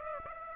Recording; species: mosquito wingbeat signal from an infrared sensor; Aedes aegypti